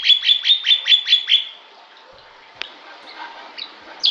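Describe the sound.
Bali myna giving a quick, even run of several notes, then near silence broken by a sharp click and a few further notes.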